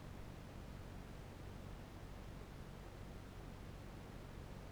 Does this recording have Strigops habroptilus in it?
no